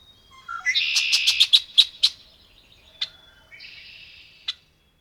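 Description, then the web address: Red-winged blackbird song: a short low note, then a harsh buzzy trill broken by sharp clicking notes, followed by single check notes and a thinner second buzz. "Songs of Birds of North America Know Your Bird Sounds Common Western Species 46-Red-winged Blackbird"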